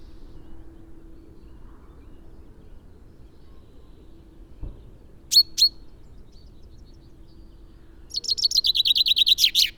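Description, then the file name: Common chaffinch singing after a long quiet stretch: two sharp high notes, then a bright run of rapidly repeated notes that begins a song and is cut off. "Fringilla coelebs"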